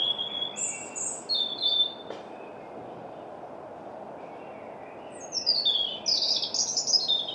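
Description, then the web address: European robin singing high, thin whistled phrases at the start and again at the end, with a single soft click between, over steady low background noise. "Deverinetal 2025"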